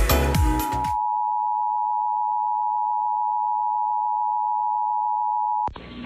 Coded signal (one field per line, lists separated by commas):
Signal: Emergency Alert System (SAME) tones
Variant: 853 and 960 Hz attention tone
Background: music